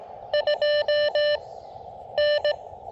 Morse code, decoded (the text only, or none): 2 N